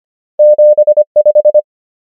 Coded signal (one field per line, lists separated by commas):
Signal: Morse code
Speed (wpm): 25 wpm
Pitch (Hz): 600 Hz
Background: none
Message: 7 5